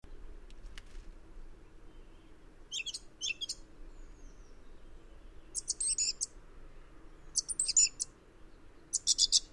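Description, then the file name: Eurasian blackcap giving short, hard clicking calls in small clusters, spaced a second or more apart, over a quiet background with a low hum. "Sylvia atricapilla"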